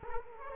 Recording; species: mosquito wingbeat signal from an infrared sensor; Culex quinquefasciatus